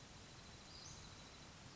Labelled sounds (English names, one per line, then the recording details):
Western Flycatcher
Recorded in Sonoma County, California